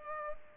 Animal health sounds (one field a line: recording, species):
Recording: mosquito wingbeat signal from an infrared sensor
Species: Culex pipiens